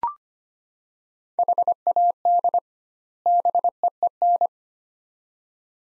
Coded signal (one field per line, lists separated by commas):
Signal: Morse code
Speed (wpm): 25 wpm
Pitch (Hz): 700 Hz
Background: none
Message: HAD BEEN